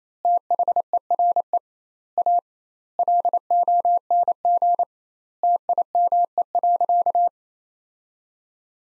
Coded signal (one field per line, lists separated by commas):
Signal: Morse code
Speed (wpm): 28 wpm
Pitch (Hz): 700 Hz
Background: none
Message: THERE A LONG TIME.